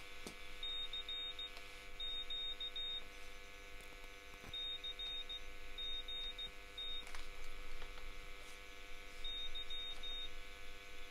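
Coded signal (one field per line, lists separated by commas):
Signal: Morse code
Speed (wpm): 16 wpm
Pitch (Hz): 3700 Hz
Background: none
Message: CQ CGT Y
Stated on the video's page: Sent on a home-built Pixie V3 40 m fixed-frequency 1 W CW transceiver kit.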